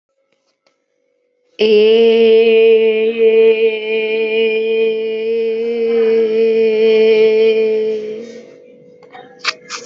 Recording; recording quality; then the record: sustained vowel as in made; excellent, no background noise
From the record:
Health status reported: respiratory illness, not identified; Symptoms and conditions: none ticked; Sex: female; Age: 26 years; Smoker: not ticked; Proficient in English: yes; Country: India